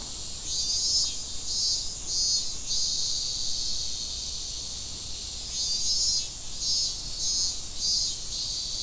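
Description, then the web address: Cicadas produce a steady high hiss-like drone, overlaid with rhythmic pulsed bursts in two bouts separated by a quieter stretch, with low background rumble. Recorded in Fukushima, Japan, on 30 July 2015. "fukudai fu cicadda"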